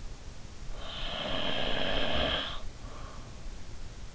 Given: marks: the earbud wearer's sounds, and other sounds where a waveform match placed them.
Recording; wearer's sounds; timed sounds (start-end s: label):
sounds in sleep by an in-ear microphone; snoring breath
0.81-3.27 s: snoring breath